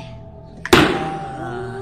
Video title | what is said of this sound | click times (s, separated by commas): اشترينا مشروبات جميع الشخصيات الكرتونية وإيمان تحولت للدعسوقة..!(شوفو إيش صار..) | الطقه الطقه كثير قويه وعجيبه | 0.7 s